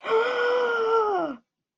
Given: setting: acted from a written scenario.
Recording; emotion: vocal sound without words; positive surprise